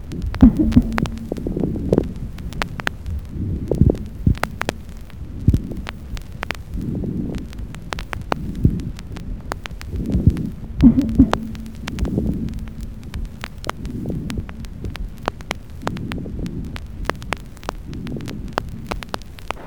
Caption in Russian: Мелкопузырчатые влажные хрипы. Влажные хрипы, в отличие от крепитации, разнокалиберны, выслушиваются на вдохе и выдохе и меняются при покашливании.